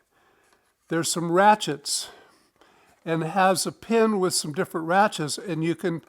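Someone talks while handling a woodturning face shield, whose polycarbonate visor pivots on a pin with plastic ratchet teeth in the headgear. Speech fills most of the clip with a short quiet gap in the middle. The visor ratchet has not snapped into position yet.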